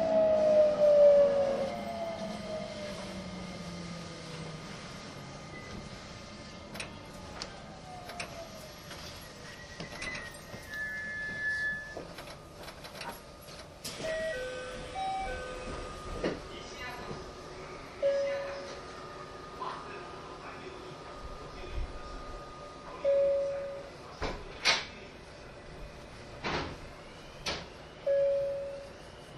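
A train runs with a steady low rumble, opening with a falling whine, then sharp clicks and squeals recurring more often after twenty seconds.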